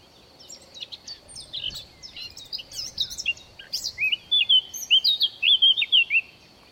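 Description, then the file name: Eurasian blackcap song: a soft scratchy warble building into loud, clear fluting whistles that swoop up and down, with a steady faint high hiss behind. "Sylvia atricapilla"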